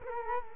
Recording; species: mosquito wingbeat signal from an infrared sensor; Culex quinquefasciatus